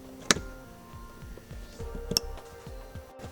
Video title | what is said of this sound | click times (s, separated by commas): install wiring connector 2010 toyota prius | hear the locking tabs snap in place | 0.3 s, 2.2 s